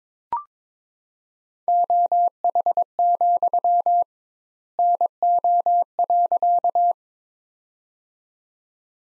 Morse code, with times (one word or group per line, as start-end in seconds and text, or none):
1.7-4.0 OH,
4.8-6.9 NO.